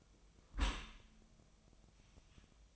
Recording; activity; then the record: daily activity, microphone in the room; close dishwasher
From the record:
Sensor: 1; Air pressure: 1004.8 hPa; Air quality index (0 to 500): 106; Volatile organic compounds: 3 ppm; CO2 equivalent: 1459 ppm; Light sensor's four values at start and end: 9/22/8/9 and 9/22/8/9